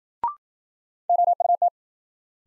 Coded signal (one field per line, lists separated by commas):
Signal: Morse code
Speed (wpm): 53 wpm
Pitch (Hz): 700 Hz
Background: none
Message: OUT